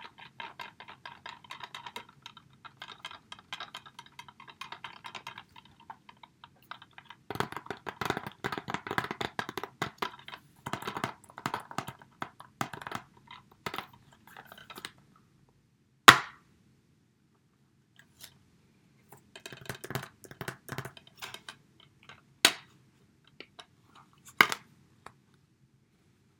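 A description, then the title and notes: A DVD and its case being handled: dense runs of small plastic clicks and rattles come in bursts, busiest around the middle. Later the handling thins out, broken by a few sharp snaps near 16, 22 and 24 seconds. The relaxing sounds of a DVD and DVD Case.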